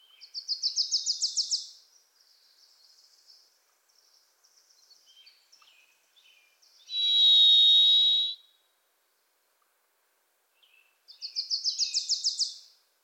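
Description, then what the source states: Varied thrush: two bursts of fast chattering from another bird frame a single long, buzzy varied thrush whistle in the middle, with soft twittering between. Wild bird singing, hard to locate, from deep within Pacific Northwest forest; voice likened to 'Listen. Listen. Listen.'; a Wilson's Warbler sings alongside.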